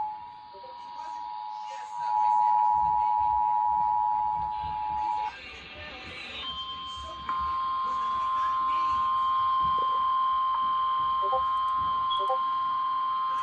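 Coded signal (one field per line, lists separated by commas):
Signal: Emergency Alert System (SAME) tones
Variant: 853 and 960 Hz attention tone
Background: speech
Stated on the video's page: Captured late-night Required Monthly Tests and a Required Weekly Test.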